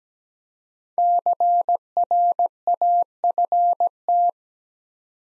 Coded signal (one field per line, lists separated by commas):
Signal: Morse code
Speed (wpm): 17 wpm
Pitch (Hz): 700 Hz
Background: none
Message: CRAFT